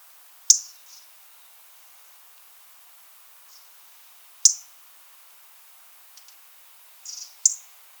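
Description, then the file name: European robin calls: single sharp high ticks spaced a few seconds apart, with a few faint softer clicks and a short burst near the end. "Erithacus rubecula"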